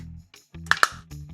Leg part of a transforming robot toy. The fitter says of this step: nice satisfying click right here